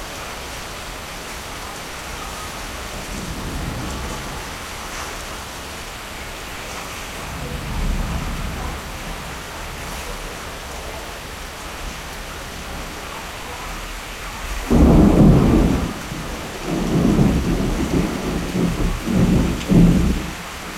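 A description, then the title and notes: An evening thunderstorm with a steady hiss of rain throughout. Low rumbles of thunder swell around four and eight seconds, then a louder roll breaks at about fifteen seconds and keeps grumbling in waves until the end. North Kolkata Evening Thunderstorm.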